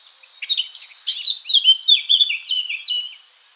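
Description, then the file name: Eurasian blackcap warbling steadily: a fast, unbroken chain of clear, varied high notes, some slurred downward. "Sylvia atricapilla"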